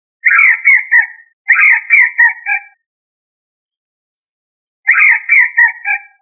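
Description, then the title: Chicken crowing: three loud, hoarse crows of about a second each, two close together, then a pause before the third. "manok ostrali"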